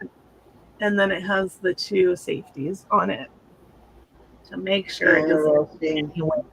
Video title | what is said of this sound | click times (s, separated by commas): Sunday funday jewelry aucton | Snaps in. And then | 0.0 s